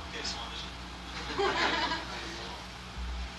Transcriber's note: laughter